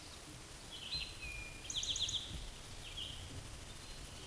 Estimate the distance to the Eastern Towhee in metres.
about 35 m